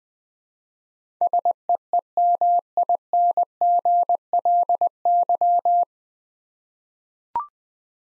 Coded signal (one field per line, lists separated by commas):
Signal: Morse code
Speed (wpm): 20 wpm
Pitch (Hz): 700 Hz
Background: none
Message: SEEMINGLY